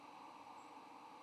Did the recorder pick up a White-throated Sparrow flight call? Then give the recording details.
no. Another species' flight call is heard. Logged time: 05:34 on 8 November 2014